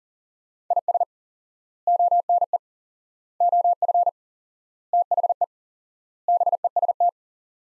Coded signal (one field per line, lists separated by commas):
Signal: Morse code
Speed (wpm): 37 wpm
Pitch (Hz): 700 Hz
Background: none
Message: IS ONE OF THE BEST